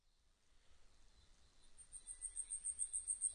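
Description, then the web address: Asian stubtail song beginning very faintly and steadily growing louder as a fast series of thin, high-pitched ticking notes, insect-like. 26 April 2006. "2006 060426 yabusame"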